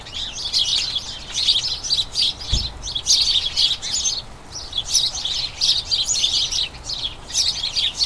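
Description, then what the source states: House sparrows chirping as a flock, a dense, busy chatter of overlapping chirps in pulsing bursts throughout, with one brief low thump early on. A dozen house sparrows, a colony in a small front garden as crocuses bloom, chattering incessantly and excitedly as they turn toward the breeding season; recorded by Fergus Collins.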